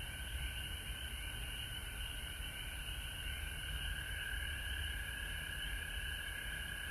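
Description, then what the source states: Frog chorus, a dense continuous trilling wash at two steady pitches, with a constant high hiss above and low rumble underneath. Recorded at home in Georgia on March 19, 2020.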